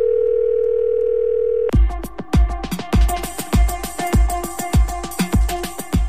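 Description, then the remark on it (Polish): A steady, unbroken telephone dial tone hums for under two seconds, then cuts abruptly into a loud, bright jingle with punchy, regular drum hits and ringing tones: the jingle of the telephone news segment 'W telefonicznym skrócie' on Polish Radio Trójka (Program Trzeci), 2014. “Ale teraz moment taki, w którym uruchamiamy nasze telefony.”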